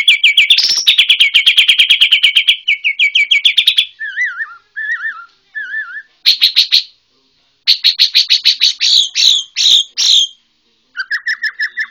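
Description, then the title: White-rumped shama song: a fast rattle of repeated notes, wavering whistles, then bursts of buzzy rapid notes separated by short silences. White-rumped shama from Borneo. "MURAI BORNEO MAS KIKI"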